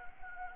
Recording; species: mosquito wingbeat signal from an infrared sensor; Anopheles gambiae